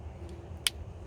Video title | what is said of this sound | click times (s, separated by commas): VIOFO A139 Triple Channel Quad/Full HD Car Dash Cam Review and Installation | you just have to push until it click hear that | 0.7 s